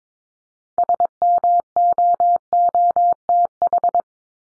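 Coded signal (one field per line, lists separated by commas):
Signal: Morse code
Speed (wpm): 22 wpm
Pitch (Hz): 700 Hz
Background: none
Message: SMOOTH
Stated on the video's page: Head-copy drill of common words at 22 wpm; each word is sent in Morse, spoken, then sent again.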